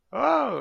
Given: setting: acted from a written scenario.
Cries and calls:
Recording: vocal sound without words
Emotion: positive surprise

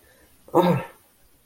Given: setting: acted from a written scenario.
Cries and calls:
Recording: vocal sound without words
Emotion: distress

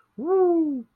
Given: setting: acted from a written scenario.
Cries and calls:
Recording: vocal sound without words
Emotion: elation

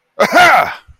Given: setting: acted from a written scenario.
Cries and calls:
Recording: vocal sound without words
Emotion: realization

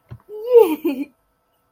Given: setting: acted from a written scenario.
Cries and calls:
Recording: vocal sound without words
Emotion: pride

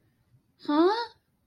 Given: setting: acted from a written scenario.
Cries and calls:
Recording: vocal sound without words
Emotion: confusion

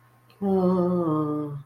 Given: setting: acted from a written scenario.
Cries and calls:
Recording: vocal sound without words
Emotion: sadness

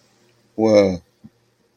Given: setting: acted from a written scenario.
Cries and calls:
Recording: vocal sound without words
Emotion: awe

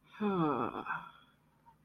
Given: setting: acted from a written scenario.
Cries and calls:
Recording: vocal sound without words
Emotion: serenity

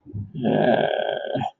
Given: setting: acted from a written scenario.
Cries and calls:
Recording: vocal sound without words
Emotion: disgust

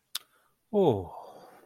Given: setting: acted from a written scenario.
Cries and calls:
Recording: vocal sound without words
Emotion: neutral

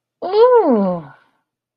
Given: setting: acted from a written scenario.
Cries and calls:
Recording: vocal sound without words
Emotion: disgust

